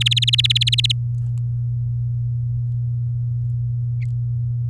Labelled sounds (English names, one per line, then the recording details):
Domestic Canary song
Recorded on 8 May 2018 at 16:59
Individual llb16